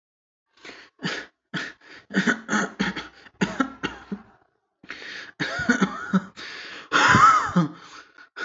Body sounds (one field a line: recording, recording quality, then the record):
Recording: heavy voluntary cough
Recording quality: excellent, no background noise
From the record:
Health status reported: healthy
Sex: male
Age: 21 years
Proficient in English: yes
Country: India